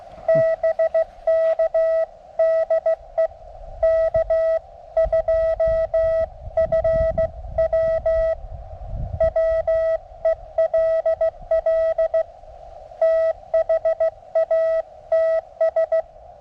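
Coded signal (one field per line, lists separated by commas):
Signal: Morse code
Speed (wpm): 16 wpm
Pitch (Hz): 1950 Hz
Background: none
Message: BK DE K2FW WELL THATS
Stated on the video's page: Live QRP CW contacts on 20 m with a Mountain Topper MTR-3B into a resonant 17-foot whip with radials, no tuner.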